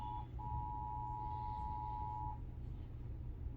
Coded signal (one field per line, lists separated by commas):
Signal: Emergency Alert System (SAME) tones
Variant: 853 and 960 Hz attention tone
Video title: eas #20 severe thunderstorm warning